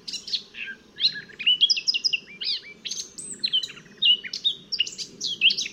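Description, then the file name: Eurasian blackcap singing a fast, continuous warble of varied high notes, with sweeping whistles and scratchy chips mixed together, over a faint low background rumble. "Sylvia atricapilla"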